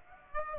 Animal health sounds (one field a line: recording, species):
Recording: mosquito wingbeat signal from an infrared sensor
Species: Aedes aegypti